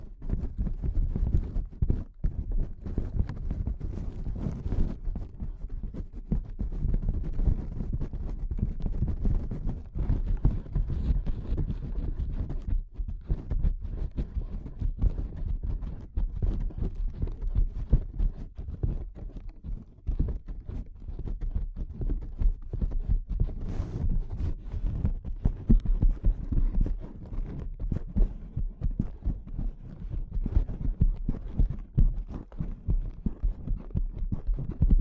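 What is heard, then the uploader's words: Delicate tapping goes on for the full length, a dense stream of soft, quick taps with a low, muffled thud beneath them. The pace stays busy and fairly even, with brief pauses near 2, 13 and 24 seconds. No voice is heard. ASMR Delicate Tapping (No Talking).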